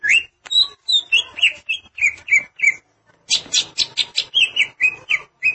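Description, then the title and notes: Greater green leafbird song: a rapid run of bright, varied whistled notes and sharp chirps, pausing briefly midway before resuming with dense ringing phrases. "Suara Kicauan Burung Cucak Ijo"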